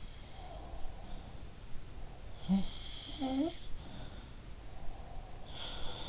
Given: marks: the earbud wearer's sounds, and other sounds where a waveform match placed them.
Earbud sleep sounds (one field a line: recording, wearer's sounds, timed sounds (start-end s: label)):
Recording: sounds in sleep by an in-ear microphone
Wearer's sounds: breath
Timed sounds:
0.00-6.09 s: sound from someone else or the room
0.24-2.49 s: breath
4.57-5.79 s: breath